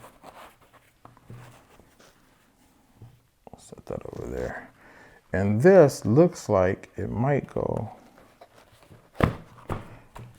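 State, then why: Seated. An accessory for a Neewer F100 7-inch field monitor is pressed into a fitted foam cutout in its carrying case while someone talks, with soft handling rustles in the background. A sharp click at 9.2 s marks the accessory snapping into the cutout and seating in place.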